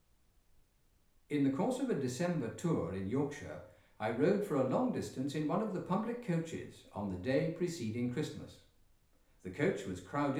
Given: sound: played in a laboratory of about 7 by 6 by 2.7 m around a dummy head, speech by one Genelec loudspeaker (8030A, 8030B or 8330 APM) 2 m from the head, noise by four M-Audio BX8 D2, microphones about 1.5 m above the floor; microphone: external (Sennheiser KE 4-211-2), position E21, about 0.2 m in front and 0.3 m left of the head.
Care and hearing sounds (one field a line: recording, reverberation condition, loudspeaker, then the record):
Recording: male speech in English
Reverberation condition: medium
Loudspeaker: 150 degrees to the left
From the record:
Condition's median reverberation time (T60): about 510 ms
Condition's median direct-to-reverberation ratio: about -0.5 dB